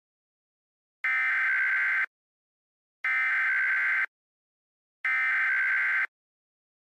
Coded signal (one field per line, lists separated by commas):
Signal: Emergency Alert System (SAME) tones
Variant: header bursts